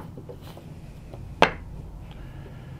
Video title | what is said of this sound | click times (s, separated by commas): Polarity reversing Switch for testing motors and actuators | Okay. Push that together till it snaps. | 1.4 s